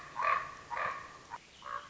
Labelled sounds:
Common Raven
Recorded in Sonoma County, California

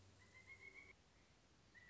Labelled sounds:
Pileated Woodpecker
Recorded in Sonoma County, California

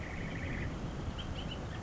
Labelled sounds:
Bullock's Oriole
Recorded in Sonoma County, California

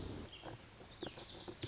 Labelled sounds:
Lazuli Bunting
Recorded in Sonoma County, California

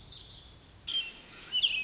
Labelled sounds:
Pacific Wren
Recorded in Sonoma County, California

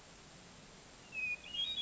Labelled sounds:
Hermit Thrush
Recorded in Sonoma County, California

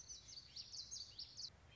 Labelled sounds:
Common Yellowthroat
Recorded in Sonoma County, California

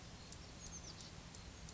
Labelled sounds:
Oak Titmouse
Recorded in Sonoma County, California

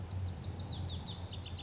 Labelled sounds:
Lazuli Bunting
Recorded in Sonoma County, California

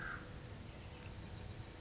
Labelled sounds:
Bewick's Wren
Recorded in Sonoma County, California

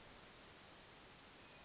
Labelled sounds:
Western Flycatcher
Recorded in Sonoma County, California

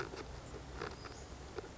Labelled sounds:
Western Flycatcher
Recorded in Sonoma County, California

